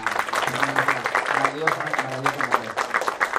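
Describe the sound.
An audience applauds steadily, a dense patter of many hands clapping at once, with voices sounding underneath throughout, applauding a woman who donated gifts at an event.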